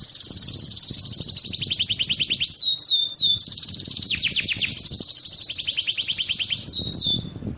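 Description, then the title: Bird song: long high trills broken by sharp descending whistles, delivered steadily with few pauses. Described as the most complete 'masteran' bird sound compilation. "Masteran burung terlengkap"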